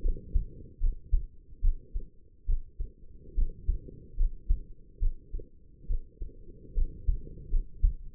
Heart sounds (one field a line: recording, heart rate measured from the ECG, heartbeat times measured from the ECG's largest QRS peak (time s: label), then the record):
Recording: heart sounds by stethoscope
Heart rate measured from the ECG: 72 bpm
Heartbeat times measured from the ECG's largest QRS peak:
0.02 s: heartbeat
0.80 s: heartbeat
1.61 s: heartbeat
2.46 s: heartbeat
3.35 s: heartbeat
4.16 s: heartbeat
4.99 s: heartbeat
5.87 s: heartbeat
6.74 s: heartbeat
7.50 s: heartbeat
From the record:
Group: healthy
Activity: rest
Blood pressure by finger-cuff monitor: 110/69 mmHg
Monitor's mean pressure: 80 mmHg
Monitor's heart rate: 72 bpm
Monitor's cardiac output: 5.5 L/min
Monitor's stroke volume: 78 mL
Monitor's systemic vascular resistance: 1060 dyn s/cm5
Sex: female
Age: 22 years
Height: 160 cm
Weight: 45 kg